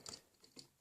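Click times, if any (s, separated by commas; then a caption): 0.1 s. With the wings moved out of the way, two plastic clips on a plastic transforming toy jet are pushed into their slots. A sharp plastic click lands at 0.1 s, with smaller ticks following at about 0.1, 0.4 and 0.6 s. The clips seat into place.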